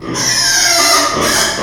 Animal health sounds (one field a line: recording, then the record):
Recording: squeal of a Yucatan mini pig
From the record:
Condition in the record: before surgery on the right vocal fold (resection and tissue-engineered implant)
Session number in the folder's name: 2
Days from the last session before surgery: 0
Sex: male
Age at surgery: 12 weeks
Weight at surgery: 13 kg